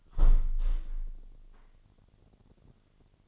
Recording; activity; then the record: daily activity, microphone in the room; close window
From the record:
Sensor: 4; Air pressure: 998.8 hPa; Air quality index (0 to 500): 111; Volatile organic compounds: 2 ppm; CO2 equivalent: 1087 ppm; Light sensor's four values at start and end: 10/24/9/10 and 10/24/9/10